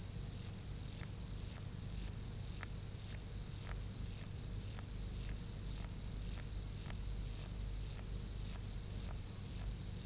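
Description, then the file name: Mottled grasshopper song: a continuous high hiss marked by sharp ticking clicks about twice a second, over faint low background noise. "Myrmeleotettix maculatus"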